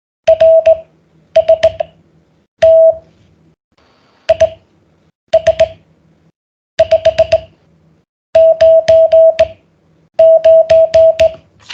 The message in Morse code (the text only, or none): RST IS 599